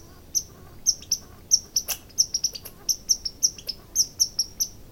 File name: red squirrel